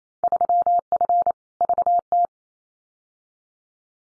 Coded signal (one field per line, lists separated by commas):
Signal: Morse code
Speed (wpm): 28 wpm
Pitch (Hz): 700 Hz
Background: none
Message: 3F VT